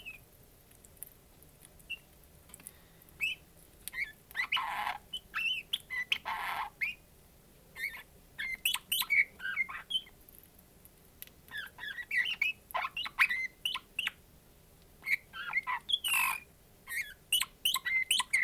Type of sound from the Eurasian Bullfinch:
song